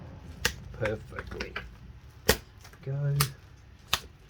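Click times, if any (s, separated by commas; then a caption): 3.9 s. The plastic housing of a Samsung Galaxy A12 is pressed back onto the phone frame during reassembly after a screen repair, and its clips snap into place. Sharp clicks are heard at about 0.5 s and 2.3 s, and someone talks between them. The housing clip seats into the frame with a crisp snap at 3.9 s.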